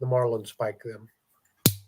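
Someone talks, then the release lever on a vintage folding rigging knife is pressed down to unlock its locking steel marlin spike, which locks in place so it can be used to loosen knots. A sharp, loud snap rings out at 1.7 s and decays quickly as the marlin spike lock releases.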